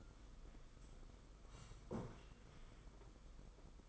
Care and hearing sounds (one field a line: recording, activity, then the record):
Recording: daily activity, microphone in the room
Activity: sit down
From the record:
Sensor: 5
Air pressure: 990.6 hPa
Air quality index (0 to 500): 150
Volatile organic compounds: 164 ppm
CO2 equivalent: 4080 ppm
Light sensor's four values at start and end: 45/137/53/56 and 46/138/53/57